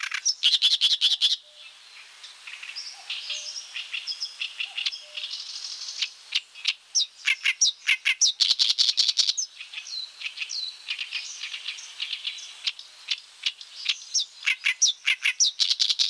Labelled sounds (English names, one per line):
Oriental Reed Warbler song